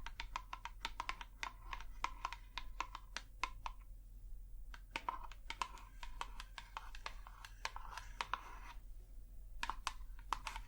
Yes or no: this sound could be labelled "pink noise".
no